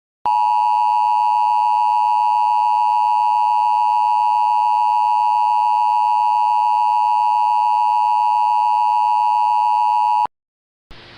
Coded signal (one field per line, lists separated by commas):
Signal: Emergency Alert System (SAME) tones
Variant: 853 and 960 Hz attention tone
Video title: Verizon FiOS EAS Fail Remake